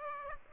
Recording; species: mosquito wingbeat signal from an infrared sensor; Aedes aegypti